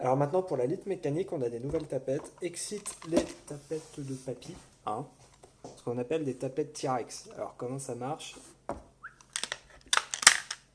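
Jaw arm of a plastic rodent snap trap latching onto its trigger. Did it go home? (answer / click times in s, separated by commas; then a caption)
yes / 10.3 s. Someone talks, then opens a plastic rodent snap trap, spreading its jaws with a few small clicks and clacks around 9.4 to 10.1 seconds. A loud, sharp click at 10.3 seconds marks the jaw arm latching onto the trigger, and the trap is set and engaged.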